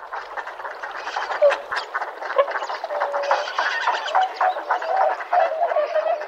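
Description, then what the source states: Tundra swans in a large calling flock, a constant wash of overlapping honks and bugling notes, some longer drawn-out calls near the end. Sugao marsh, Ibaraki Prefecture, Japan.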